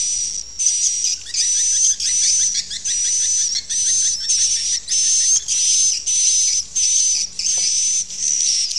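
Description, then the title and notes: Swiftlet calls, high buzzy chirping bursts following one another almost without pause. Sound used for swiftlet farming in Asia. "Swiflet Bird Sound. Farming Swiflet Bird asia sound"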